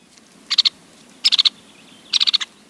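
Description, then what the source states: White-headed Woodpecker calls: three quick bursts of three to five sharp, high, clipped notes in rapid succession, separated by short pauses. In a ponderosa pine grove in the Cascade Mountains; the only North American bird with a black body and white head.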